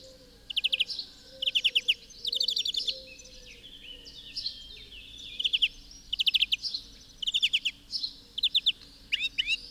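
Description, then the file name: European greenfinch twittering in many quick bursts of dry, clipped chirps spread throughout, with soft buzzy trills in between. "Chloris chloris"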